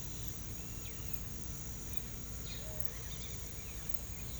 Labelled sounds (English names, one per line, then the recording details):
none
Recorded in pastures near Puerto Asís, Putumayo, Colombia, on 21 December 2024 at 07:00
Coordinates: 0.486, -76.323
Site GP01